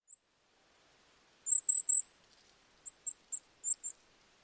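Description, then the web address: Bird calls, a short high chip, then three quick thin buzzy high notes, followed by a series of five brief high chirps. "birddata Deverinetal 2025"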